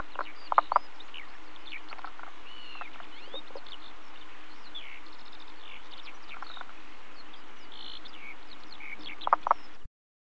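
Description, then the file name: Common spadefoot's soft doubled clucks near the start, faintly midway, and again at the end, over steady background chirping and whistles from birds. "løgfrø"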